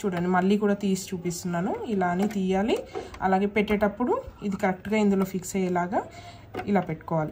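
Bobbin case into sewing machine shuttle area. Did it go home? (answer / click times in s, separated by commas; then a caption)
no / none. A bobbin case is taken out and put back into the shuttle area of a sewing machine while someone talks throughout. Light handling noises sit under the talk, but the case has not seated or clicked yet.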